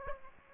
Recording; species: mosquito wingbeat signal from an infrared sensor; Aedes aegypti